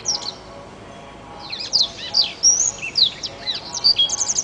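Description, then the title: Oriental magpie-robin singing: a quiet start, then rapid bright whistled notes and buzzy slurs tumbling up and down. "Kicau Kacer"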